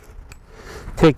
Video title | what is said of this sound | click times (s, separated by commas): NewVideo0614 | So we'll go ahead and snap it in, | 0.3 s